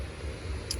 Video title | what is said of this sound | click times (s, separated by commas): 2004 Ford Escape Rear Driver Regulator Replacement | so we've got everything snapped back in i'm going to go ahead and | 0.7 s